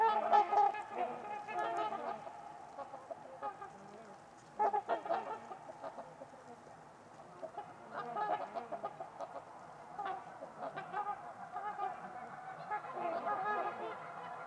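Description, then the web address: Trumpeter swans keep up a continuous, overlapping chorus of honks, louder at the start and swelling again later. Trumpeter swans at Winters Lake in a deep valley on a winter evening; silent surroundings apart from distant white noise. "Trumpeter Swans on a Winter's Eve. Nick-Mc Mahan Winters-Lake-with-Swan. Wind Is the Original Radio"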